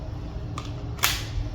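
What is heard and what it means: A plastic detachable controller is attached magnetically to the side of a Nintendo Switch 2 handheld console, with no slide rail. A faint tick at 0.6 s comes before a sharp, bright click at 1.0 s as the controller snaps and seats onto the console.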